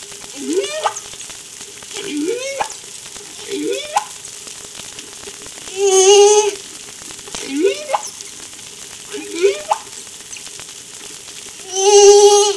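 Whale calls: short upsweeping whoops about every two seconds, punctuated by two longer steady harmonic tones, over faint hiss.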